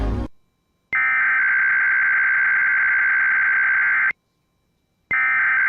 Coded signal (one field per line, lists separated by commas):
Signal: Emergency Alert System (SAME) tones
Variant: header bursts